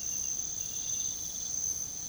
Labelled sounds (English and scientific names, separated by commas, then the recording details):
none
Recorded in pastures near Puerto Asís, Putumayo, Colombia, on 9 March 2025 at 05:00
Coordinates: 0.486, -76.323
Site G075